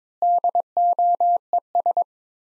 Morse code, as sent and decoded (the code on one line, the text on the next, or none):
-.. --- . ...
DOES